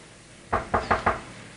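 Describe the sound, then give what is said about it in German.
Four quick, evenly spaced taps on a walkie-talkie's speaker membrane, each a short dull knock, fairly loud against a quiet background with no voices. “Bömmel zieht langsam unter der Bank die Antenne seines Funksprechgerätes heraus und klopft dreimal gegen die Membran.”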